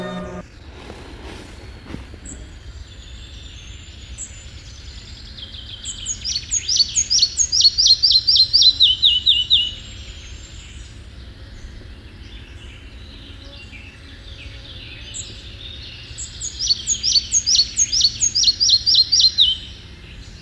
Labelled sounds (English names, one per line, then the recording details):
Red-breasted Flycatcher song
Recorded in the wild
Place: Sassnitz, Insel Rügen, Mecklenburg-Vorpommern, DE
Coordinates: 54.516, 13.633
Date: 1975-05-19
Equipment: Nagra III BH, Sennheiser MD 21, parabola
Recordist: Schubert, Michael